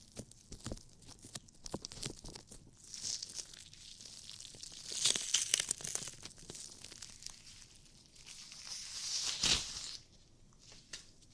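Ear cleaning sounds: dense, crackly scratching and rustling that rises into bright, hissy swells around five seconds and again near nine to ten seconds. Sharp clicks and crinkles pop up irregularly throughout, easing to quieter, sparse rubbing at the end.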